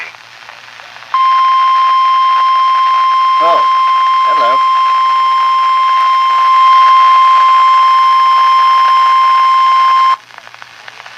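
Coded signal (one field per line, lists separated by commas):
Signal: Emergency Alert System (SAME) tones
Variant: 1050 Hz attention tone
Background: speech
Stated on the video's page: Winter Storm and Blizzard Warning alert tones sounding irregularly on a La Crosse S83301 and an Eton FR-370 weather radio.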